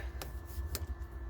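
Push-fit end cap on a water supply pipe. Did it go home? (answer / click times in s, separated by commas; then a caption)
no / none. A second push-fit end cap is pushed and twisted onto a water supply pipe, with two short, sharp broadband ticks at about 0.2 s and 0.8 s over a low steady hum. The cap has not seated or clicked yet.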